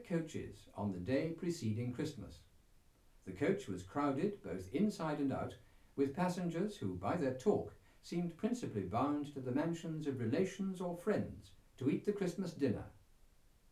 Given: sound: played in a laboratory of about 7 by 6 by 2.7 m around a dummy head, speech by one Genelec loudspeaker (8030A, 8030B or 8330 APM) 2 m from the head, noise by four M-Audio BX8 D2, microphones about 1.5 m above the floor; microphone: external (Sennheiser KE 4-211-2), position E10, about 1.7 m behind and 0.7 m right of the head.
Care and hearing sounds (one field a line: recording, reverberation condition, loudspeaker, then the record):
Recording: male speech in English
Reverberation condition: low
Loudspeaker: 120 degrees to the left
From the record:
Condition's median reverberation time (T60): about 310 ms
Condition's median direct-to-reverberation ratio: about 3.5 dB